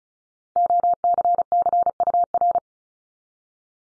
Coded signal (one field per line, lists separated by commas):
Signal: Morse code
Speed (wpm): 36 wpm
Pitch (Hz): 700 Hz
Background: none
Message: OCCUR